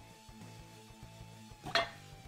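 A can opener pries a metal canning lid on a glass mason jar of pickled green beans until the vacuum seal breaks. A sharp pop is heard at 1.8 s over a low background hum with faint tonal sounds. The seal is released and the lid pops open.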